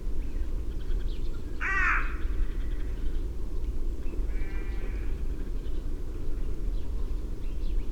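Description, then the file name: Carrion crow giving one loud, harsh caw, then a softer, drawn-out hoarse call a few seconds later, with steady low rumble behind. "Corvus corone"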